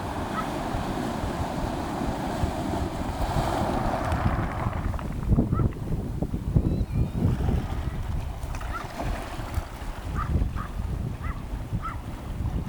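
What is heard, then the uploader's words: Waves wash up a stony beach as the tide rises, a constant low churning rush with a hiss on top. Heavier surges with rattling stones come from about five to eight seconds, and short faint high chirps sound near the end. Nairn Beach Notes.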